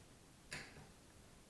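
A torque wrench set to 8 Nm is turned against a plastic bike lever, and a single sharp, bright click sounds at 0.5 s over a quiet background. The wrench clicks on reaching the set torque, showing the lever holds.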